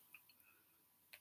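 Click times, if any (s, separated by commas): none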